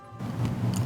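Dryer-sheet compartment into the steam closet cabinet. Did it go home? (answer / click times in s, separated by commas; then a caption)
yes / 0.8 s. The plastic Fresh Finish dryer-sheet compartment at the back of a Samsung AirDresser steam closet is pushed back down into the cabinet. After a low rumbling build-up, a single sharp click at 0.8 s marks it locking into place.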